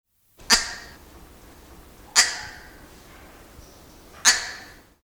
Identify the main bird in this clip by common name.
Double-toothed Barbet